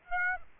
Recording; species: mosquito wingbeat signal from an infrared sensor; Aedes aegypti